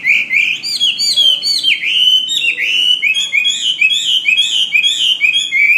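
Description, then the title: Bird pouring out dense, continuous warbling, chirps and slurred whistles tumbling together without a break. "SuaraBurung Kicau"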